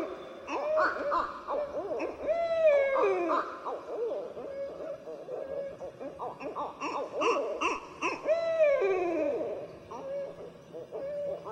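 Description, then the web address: Barred owl calling without pause, excited cackling hoots broken by two drawn-out, descending wails. "Songs of Birds of North America Western USA Songbirds. Barred Owl"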